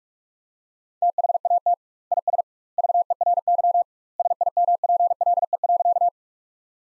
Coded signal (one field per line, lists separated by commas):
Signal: Morse code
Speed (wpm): 46 wpm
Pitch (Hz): 700 Hz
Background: none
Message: THAT IS VERY SIMPLE.